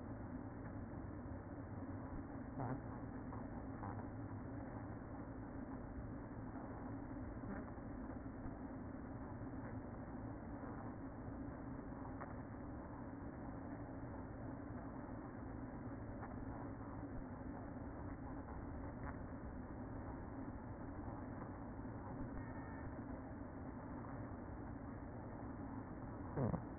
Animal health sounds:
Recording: honeybee colony, microphone inside the hive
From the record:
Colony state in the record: queen present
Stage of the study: after two queens were removed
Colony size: about 60,000 bees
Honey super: yes

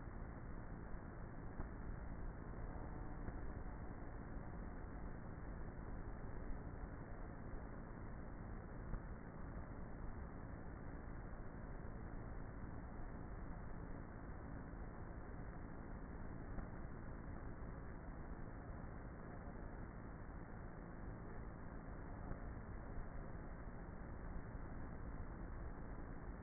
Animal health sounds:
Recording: honeybee colony, microphone inside the hive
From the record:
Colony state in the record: queenless with a low population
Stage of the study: before two queens were removed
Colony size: about 30,000 bees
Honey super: no

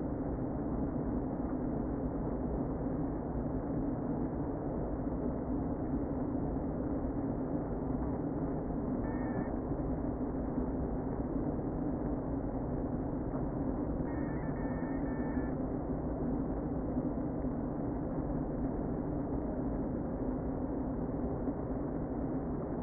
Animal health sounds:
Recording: honeybee colony, microphone inside the hive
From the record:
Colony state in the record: queen present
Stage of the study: before two queens were removed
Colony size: about 60,000 bees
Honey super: yes

